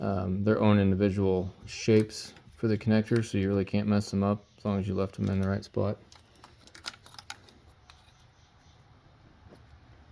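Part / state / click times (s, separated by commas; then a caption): wiring harness connector clip into its mounting tab / not seated / none. On a 2014 Chevy Equinox 2.4L during a cam phaser/actuator replacement, a wiring-harness connector clip is pressed into its mounting tab on the engine while someone talks for the first six seconds. Several short plastic taps and clicks follow between 6.4 and 7.3 seconds, then near silence. The clip is broken and has not clicked into place.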